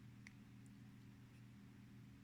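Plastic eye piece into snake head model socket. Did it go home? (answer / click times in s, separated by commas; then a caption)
yes / 0.3 s. A plastic eye piece is pressed into the socket of a model snake head, giving a brief, slightly underwhelming snap at 0.3 s over a steady low hum, followed by a couple of fainter ticks. The eye clicks into place and is seated.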